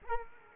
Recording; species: mosquito wingbeat signal from an infrared sensor; Culex quinquefasciatus